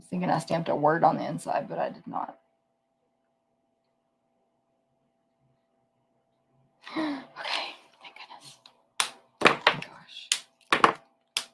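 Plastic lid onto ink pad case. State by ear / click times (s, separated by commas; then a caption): seated / 9.0 s, 10.7 s. Someone talks, then plastic lids are pressed closed onto stamp ink pad cases after use, giving sharp snaps at 9.0 s and 10.7 s among several other short taps and clicks. The snaps confirm the lids are seated and closed airtight.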